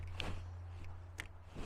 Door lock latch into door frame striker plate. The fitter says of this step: doesn't latch which apparently according to the instructions is expected